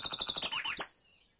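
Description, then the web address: Bird song, a quick series of high, rapid chirped notes ending in a few sharp downslurred whistles, then silence. Dawn chorus in Mold, North Wales. "beanstalk-audio Dawn Chorus in Mold North Wales"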